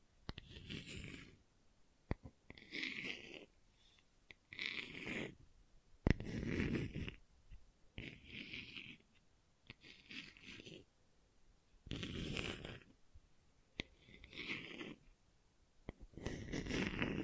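Gentle scratching comes in soft, rasping strokes, each lasting about a second, with short pauses between them, roughly one every one and a half seconds. The strokes have a breathy, hushed texture with a low rumble underneath, and sharp little clicks pop up now and then.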